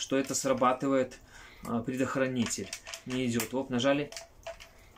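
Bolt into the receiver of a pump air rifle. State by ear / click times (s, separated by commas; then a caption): seated / 4.5 s. Someone talks while handling a Pumpmaster 760 pump air rifle in 4.5 mm caliber that was found in an attic, after pumping it and testing the trigger and safety. The metal bolt is pushed back into the receiver and clicks closed at 4.5 seconds, followed by a couple of softer clicks. The bolt is seated back in place and works.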